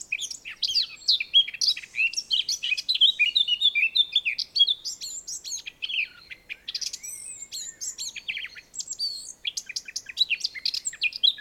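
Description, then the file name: Eurasian blackcap song: a fast, rich warble of varied scratchy and fluty notes, mostly high-pitched, running almost continuously with short pauses around six and nine seconds. "Sylvia atricapilla"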